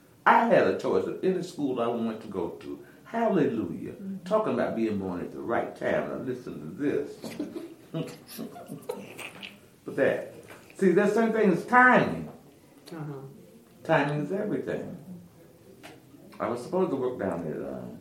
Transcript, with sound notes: I had a choice of any school I wanted to go to, halleluiah! –Talk about being born at the right time. Now listen to this: (laughter) see that’s same thing as timing. Timing’s everything. I was supposed to work down at